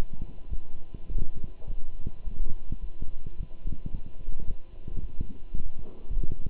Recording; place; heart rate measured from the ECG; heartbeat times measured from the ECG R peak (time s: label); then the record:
heart sounds by stethoscope; between the tricuspid and mitral areas; 107 bpm
0.49 s: heartbeat
1.09 s: heartbeat
1.67 s: heartbeat
2.25 s: heartbeat
2.81 s: heartbeat
3.37 s: heartbeat
3.93 s: heartbeat
4.46 s: heartbeat
5.01 s: heartbeat
5.55 s: heartbeat
6.10 s: heartbeat
From the record:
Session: walking at 3.7 km/h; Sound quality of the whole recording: good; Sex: male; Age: 24 years